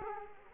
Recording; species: mosquito wingbeat signal from an infrared sensor; Culex quinquefasciatus